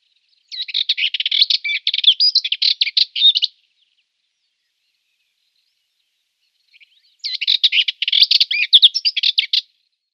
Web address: Schulze Peter Dartford Warbler song